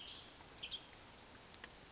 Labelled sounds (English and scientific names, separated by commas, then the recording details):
Western Tanager (Piranga ludoviciana)
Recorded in Sonoma County, California